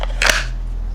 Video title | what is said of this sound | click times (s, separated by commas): Purple Dragon Tanto | locks into place really good. | 0.3 s